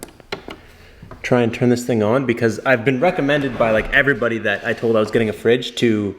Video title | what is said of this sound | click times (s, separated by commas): Cheap & Easy DIY Platform + Fridge & Slide Install! (Beginner Jeep Setup) | and then it all just tucks on this up locks into place now before we get anywhere I wanna try | 0.3 s